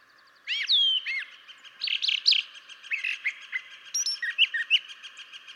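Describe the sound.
Brown Thrasher song: a jumble of slurred, rising and falling notes and buzzy phrases over a steady background hum.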